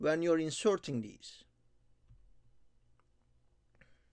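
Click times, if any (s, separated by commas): 3.8 s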